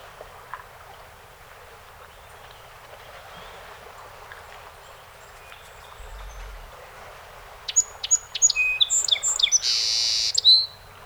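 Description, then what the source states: Song sparrow song arriving after several seconds of quiet: rapid high chips, varied notes and a sustained buzzy section near the end. 48 songs, 7 June 2018.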